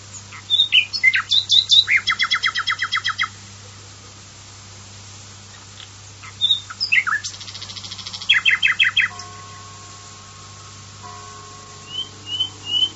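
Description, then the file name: Common nightingale singing varied phrases, with rapid rattling trills, sharp chirps and pauses between bursts, ending with soft rising whistles; faint low hum throughout. "usignolo"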